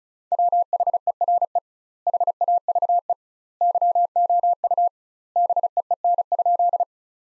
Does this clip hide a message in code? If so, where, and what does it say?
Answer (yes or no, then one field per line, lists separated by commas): yes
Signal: Morse code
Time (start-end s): 0.3-6.8 s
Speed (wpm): 36 wpm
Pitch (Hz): 700 Hz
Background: none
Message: WHERE HAVE YOU BEEN?